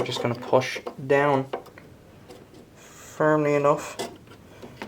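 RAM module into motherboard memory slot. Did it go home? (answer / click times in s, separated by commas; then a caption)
no / none. A RAM stick is lined up with the notch and pushed firmly down into a motherboard DIMM slot while someone talks. Faint handling sounds are heard under the speech, and nothing has seated or clicked yet.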